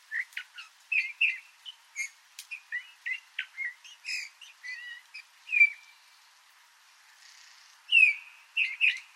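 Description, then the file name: Eurasian bullfinch calls: soft slurred whistles and short chirps in an irregular series, with a few clearer downslurred piping notes near the end, among faint clicks. "Bouvreuil pivoine"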